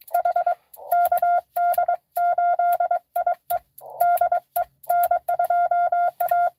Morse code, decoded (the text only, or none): H KD8IE DE N2A